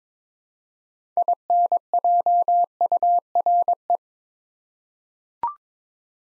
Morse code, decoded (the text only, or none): INJURE